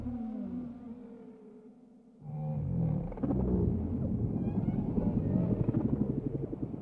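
Whale moans, low and tonal at first, dropping away briefly before a loud pulsed buzzing rumble with faint higher tones sets in and continues throughout.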